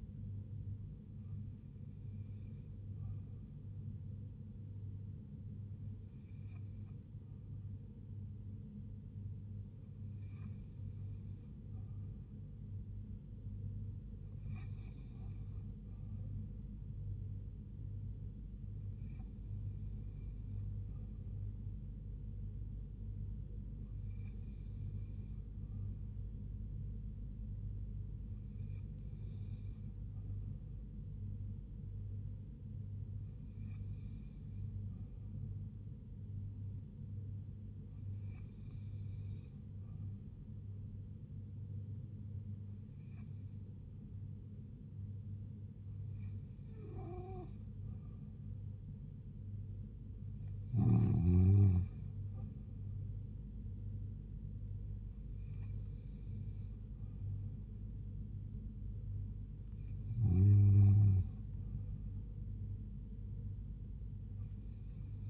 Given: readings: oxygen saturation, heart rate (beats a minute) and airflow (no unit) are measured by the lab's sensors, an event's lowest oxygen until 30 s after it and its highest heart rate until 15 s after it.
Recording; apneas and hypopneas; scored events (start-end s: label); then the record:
breathing in sleep by a smartphone at the bedside; none
none scored
From the record:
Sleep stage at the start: N2 (light sleep); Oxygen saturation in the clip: 87 to 89%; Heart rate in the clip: 74 to 80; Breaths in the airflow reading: 14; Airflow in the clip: -3.2 to 2.4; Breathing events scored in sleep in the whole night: 158 in 7.3 hours asleep